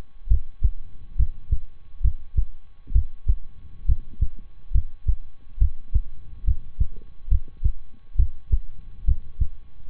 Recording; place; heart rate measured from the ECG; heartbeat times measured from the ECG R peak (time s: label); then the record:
heart sounds by stethoscope; between the tricuspid and mitral areas; 69 bpm
0.27 s: heartbeat
1.16 s: heartbeat
2.01 s: heartbeat
2.92 s: heartbeat
3.85 s: heartbeat
4.71 s: heartbeat
5.58 s: heartbeat
6.44 s: heartbeat
7.28 s: heartbeat
8.15 s: heartbeat
9.04 s: heartbeat
9.89 s: heartbeat
From the record:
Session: rest, lying down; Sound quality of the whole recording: good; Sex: male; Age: 23 years